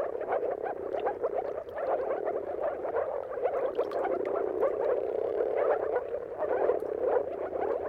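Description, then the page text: Moor frogs giving a continuous chorus of soft, pulsing, gurgling croaks at a steady level. Chorus of many moor frogs giving mating calls at sunrise at the turn of March and April, its timing depending on the weather. "Dawn’s Chorus: Mating Calls of Marsh Frogs at Sunrise. Depending on the weather at the turn of March and April, you can witness an amazing spectacle of moor frogs. Jakub-Orzecki moor frogs"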